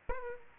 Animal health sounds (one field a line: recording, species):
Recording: mosquito wingbeat signal from an infrared sensor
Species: Aedes aegypti